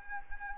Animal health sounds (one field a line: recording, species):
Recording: mosquito wingbeat signal from an infrared sensor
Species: Anopheles gambiae